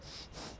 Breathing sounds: one breath in and out by a microphone near the nose and mouth; strong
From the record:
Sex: male

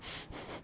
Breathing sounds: one breath in and out by a microphone near the nose and mouth; strong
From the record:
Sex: male

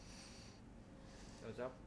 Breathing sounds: one breath in and out by a microphone near the nose and mouth; deep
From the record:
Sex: male

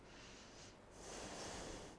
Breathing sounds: one breath in and out by a microphone near the nose and mouth; deep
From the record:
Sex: female

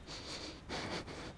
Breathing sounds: one breath in and out by a microphone near the nose and mouth; strong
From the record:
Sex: male

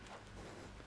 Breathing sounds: one breath in and out by a microphone near the nose and mouth; strong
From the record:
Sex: male

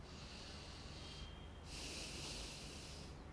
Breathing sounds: one breath in and out by a microphone near the nose and mouth; deep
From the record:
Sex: male

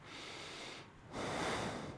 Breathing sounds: one breath in and out by a microphone near the nose and mouth; normal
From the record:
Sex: male

